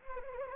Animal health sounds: mosquito wingbeat signal from an infrared sensor; Anopheles gambiae

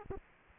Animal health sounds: mosquito wingbeat signal from an infrared sensor; Aedes aegypti

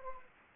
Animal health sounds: mosquito wingbeat signal from an infrared sensor; Anopheles gambiae

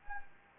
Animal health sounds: mosquito wingbeat signal from an infrared sensor; Anopheles gambiae

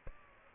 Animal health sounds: mosquito wingbeat signal from an infrared sensor; Aedes aegypti

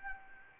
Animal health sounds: mosquito wingbeat signal from an infrared sensor; Anopheles arabiensis

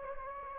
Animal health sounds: mosquito wingbeat signal from an infrared sensor; Anopheles gambiae

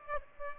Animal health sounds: mosquito wingbeat signal from an infrared sensor; Aedes aegypti

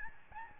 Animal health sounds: mosquito wingbeat signal from an infrared sensor; Aedes albopictus

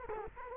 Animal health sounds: mosquito wingbeat signal from an infrared sensor; Culex quinquefasciatus

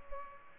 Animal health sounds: mosquito wingbeat signal from an infrared sensor; Culex pipiens

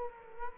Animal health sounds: mosquito wingbeat signal from an infrared sensor; Culex quinquefasciatus

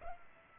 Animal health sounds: mosquito wingbeat signal from an infrared sensor; Culex pipiens

